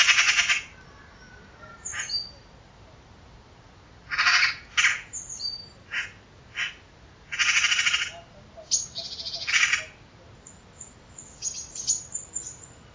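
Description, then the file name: Eurasian magpie giving harsh, rasping chatter calls in irregular bursts, some short and some drawn out, with brief faint high chirps between them. "Ekster Pica pica"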